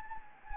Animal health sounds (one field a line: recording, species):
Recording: mosquito wingbeat signal from an infrared sensor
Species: Anopheles gambiae